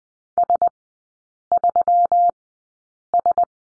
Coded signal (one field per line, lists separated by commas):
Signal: Morse code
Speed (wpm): 20 wpm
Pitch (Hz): 700 Hz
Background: none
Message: S3S